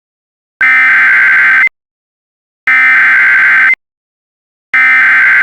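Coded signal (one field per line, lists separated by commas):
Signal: Emergency Alert System (SAME) tones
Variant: header bursts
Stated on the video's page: Fictional EAS scenario.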